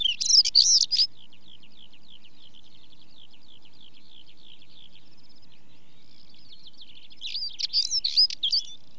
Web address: Sound Effects Library (British Birds) Stonechat song with chaffinch and skylarks in background